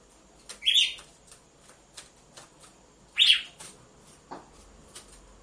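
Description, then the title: Red-cowled cardinal giving two clear, short harsh notes a couple of seconds apart over a steady low hiss and faint clicks. Female song, used to warm up males. "Canto Galo Campina Fêmea. ESQUENTE GALO DE CAMPINA COM BATIDA DE DOIS MACHOS"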